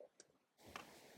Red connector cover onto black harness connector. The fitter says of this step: Slide it on so it locks into place with the black connector.